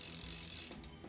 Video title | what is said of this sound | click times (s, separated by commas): Redington Zero with The Northern Angler | press button releases the spool, clicks back into place. | 0.8 s